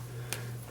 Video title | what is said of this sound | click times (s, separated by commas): Budget artist pens that actually work? | so this is the cartridge inside the copic and it just pops right in | 0.3 s